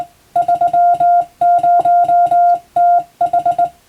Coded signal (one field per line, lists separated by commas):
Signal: Morse code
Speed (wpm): 22 wpm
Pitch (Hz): 700 Hz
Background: music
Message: 30TH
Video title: モールス信号を操る匠の技！スマホ時代の今でも行われている国家試験の練習風景です。アマチュア無線ハムの受信練習にもどうぞ(morse code practice for radio operator )